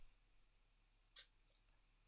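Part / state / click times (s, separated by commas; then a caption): 3D printed case opening key into game console case clip slot / not seated / none. A 3D-printed plastic opening key is pushed into the vent slot of an Xbox 360 case to engage the case clips. Against a low, steady background hum, there is a brief bright scraping burst around 1.2 s and a fainter tick near 1.5 s. The key has not clicked in; the expected click does not come.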